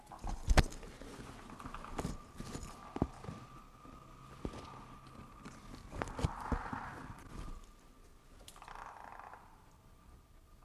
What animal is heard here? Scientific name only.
Pelophylax esculentus